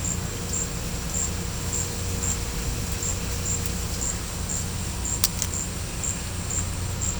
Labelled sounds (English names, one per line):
none